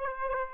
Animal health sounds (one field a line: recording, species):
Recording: mosquito wingbeat signal from an infrared sensor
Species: Aedes aegypti